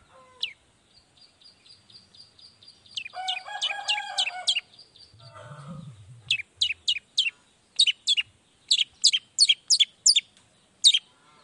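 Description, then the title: Long-tailed shrike song beginning with soft repeated high notes, then a harsh nasal chattering burst, a brief low rumble, and a run of sharp, high chips. Morning song of an actively singing (gacor) cendet with 'toet toet' sound variation; one play makes other cendet respond quickly and excitedly. "Langsung NYAUTTTTT ! Cendet Gacor Dor Di Kala Pagi Toet Toet Variasi Suara J. Cendet Gacor Langsung Nyaut Emosi Hanya dengan Sekali Putar Bikin Cendet Lainya Cepat Respon Bunyi"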